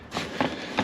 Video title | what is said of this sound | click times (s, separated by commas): 2016-2022 Prius spare tire retrofit guide | Pops right in. | 0.4 s, 0.8 s